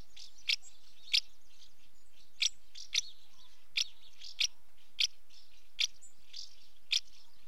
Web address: BBC Sound Effects Library - Complete 60 CDs Collection. House Martin female calling at nest entrance